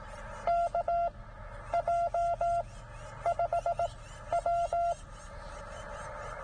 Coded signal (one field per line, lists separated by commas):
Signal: Morse code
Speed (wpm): 17 wpm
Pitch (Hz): 690 Hz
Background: none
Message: KJ5W